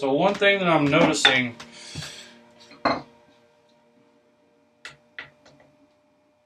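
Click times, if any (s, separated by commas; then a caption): 2.9 s. Someone talks while a tapered sliding dovetail board is pushed into the side of a grinder trough, with a sharp knock at 2.9 s. Lighter knocking and handling taps follow around 4.9 s and 5.2 s, then fade. The joint is not fully seated, and the shoulders are not sitting flush.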